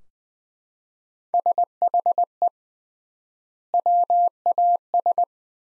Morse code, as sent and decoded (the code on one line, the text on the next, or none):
... .... . / .-- .- ...
SHE WAS